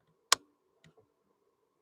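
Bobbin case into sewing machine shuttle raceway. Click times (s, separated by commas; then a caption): 0.3 s. A metal bobbin case is pushed into the shuttle raceway of an Adler 189A industrial sewing machine, giving one sharp, bright snap at 0.3 s, followed by two faint ticks around 0.9–1.0 s. The bobbin case is seated and locked in place.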